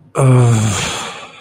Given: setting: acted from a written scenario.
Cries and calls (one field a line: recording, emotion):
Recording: vocal sound without words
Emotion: ecstasy